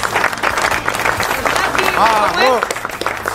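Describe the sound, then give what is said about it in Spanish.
A short burst of dense, steady applause from a small group celebrating the radio station Radio Box winning a Latin Radio Report award during the show Insomnia. Excited voices whoop and call out over the clapping partway through. “Y vamos a dar un aplauso porque nuestra radio ganó.”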